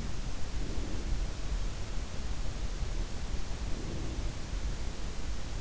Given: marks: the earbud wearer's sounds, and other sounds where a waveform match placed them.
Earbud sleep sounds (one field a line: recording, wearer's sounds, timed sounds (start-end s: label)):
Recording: sounds in sleep by an in-ear microphone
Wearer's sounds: breath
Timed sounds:
0.46-1.61 s: breath
3.31-4.65 s: breath